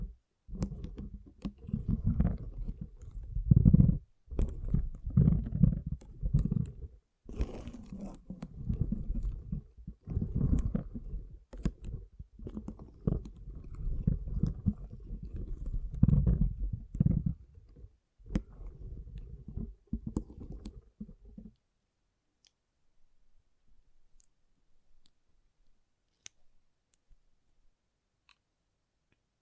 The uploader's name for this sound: Soothing & Deep Water Beads Sounds